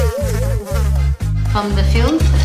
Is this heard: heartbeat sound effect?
no